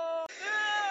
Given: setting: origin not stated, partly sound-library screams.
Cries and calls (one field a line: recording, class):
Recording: one-second piece from a danger detection set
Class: woman in danger